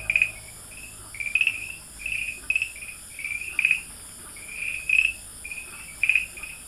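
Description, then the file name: Farmland green tree frog calling in short chirped notes grouped in quick clusters about once a second. Recorded at Dalin, 30 May 2009. "090530 dalin farmland treefrog"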